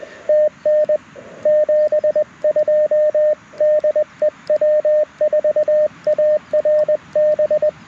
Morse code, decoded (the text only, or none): TN 72 DE W4ARB